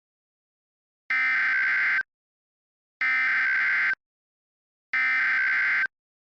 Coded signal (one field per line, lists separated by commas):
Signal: Emergency Alert System (SAME) tones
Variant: header bursts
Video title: EAS Scenario - The Carolina Ejection (REUPLOAD)